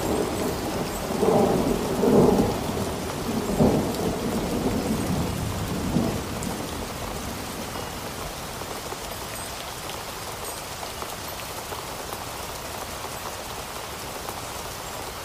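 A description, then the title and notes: A storm with thunder rolling low and heavy through the first six seconds, swelling around two and four seconds before fading out. Steady rain keeps up a dense, even patter underneath and continues alone for the rest of the clip. Relaxing Storm.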